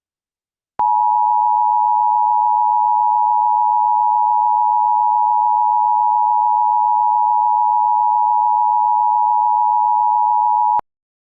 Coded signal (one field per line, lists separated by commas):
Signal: Emergency Alert System (SAME) tones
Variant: 853 and 960 Hz attention tone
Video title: "CAPTIVE" [EAS Mock]